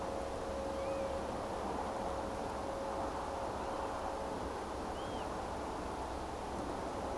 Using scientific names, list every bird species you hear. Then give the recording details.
Vanellus vanellus. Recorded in France